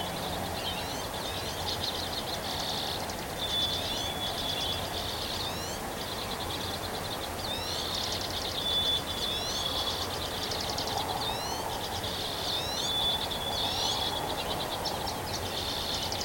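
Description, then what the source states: Birds sing in a thick chorus of buzzy trills and quick upslurs, a thin whistle recurring every few seconds, over steady noise. Recorded on 3 May 2023.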